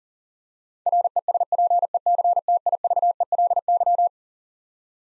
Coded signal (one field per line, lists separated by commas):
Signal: Morse code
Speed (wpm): 40 wpm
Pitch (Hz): 700 Hz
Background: none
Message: RESPECTIVELY